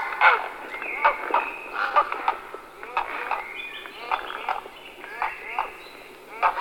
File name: volavka-popelavá